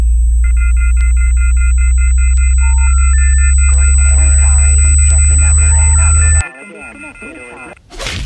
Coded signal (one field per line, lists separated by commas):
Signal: telephone call progress tone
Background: speech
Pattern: off-hook warning tone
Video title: Dial Tone. Short film